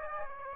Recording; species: mosquito wingbeat signal from an infrared sensor; Aedes aegypti